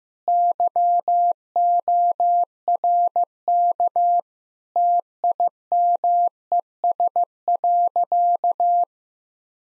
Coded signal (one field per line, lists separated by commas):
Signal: Morse code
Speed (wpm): 16 wpm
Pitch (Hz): 700 Hz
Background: none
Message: YORK TIMES.